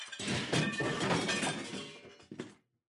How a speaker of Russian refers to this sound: Вася потянул за провод чистенький миксер, снял с ушки мешалки, заодно с мешалками вся посуда с ушки посыпалась.